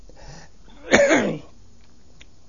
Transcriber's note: he clears his throat